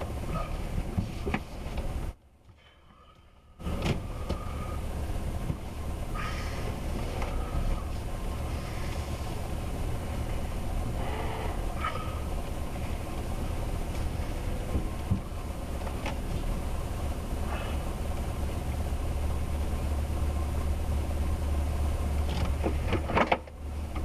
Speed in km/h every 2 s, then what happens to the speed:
0, 0, 0, 0, 0, 0, 0, 0, 0, 0, 0, 0.
0-24 standing.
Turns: none.